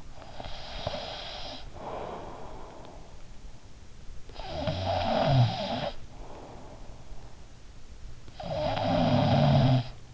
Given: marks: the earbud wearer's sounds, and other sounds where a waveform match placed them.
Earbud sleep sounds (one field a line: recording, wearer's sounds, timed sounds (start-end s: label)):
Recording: sounds in sleep by an in-ear microphone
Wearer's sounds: breath, snoring breath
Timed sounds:
0.00-3.54 s: breath
3.94-7.52 s: snoring breath
7.95-10.14 s: snoring breath